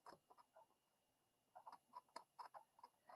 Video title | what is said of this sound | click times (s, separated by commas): Warm fall colors for a Birthday Card | did you hear that fall in you could hear that snap like | 2.2 s